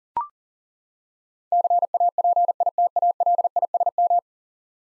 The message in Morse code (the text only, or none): CAPITALISM